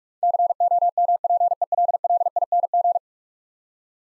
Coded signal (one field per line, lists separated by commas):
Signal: Morse code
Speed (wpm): 46 wpm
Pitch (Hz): 700 Hz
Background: none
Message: COMPELLING